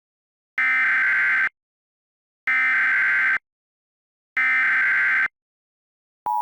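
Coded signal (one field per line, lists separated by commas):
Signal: Emergency Alert System (SAME) tones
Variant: header bursts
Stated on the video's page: Fictional EAS scenario using simulated SAME tones, with sirens credited to others.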